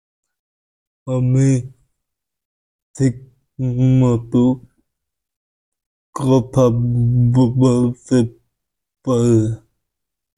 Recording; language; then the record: elicited speech; Bengali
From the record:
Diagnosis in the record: Broca's or global aphasia after a stroke